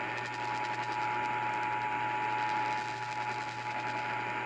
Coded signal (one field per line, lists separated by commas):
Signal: Emergency Alert System (SAME) tones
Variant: 853 and 960 Hz attention tone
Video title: (EAS #587-592) Night to Day to Evening (EAS Tests from 6/9/2021)